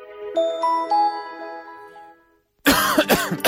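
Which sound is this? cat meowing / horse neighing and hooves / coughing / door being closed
coughing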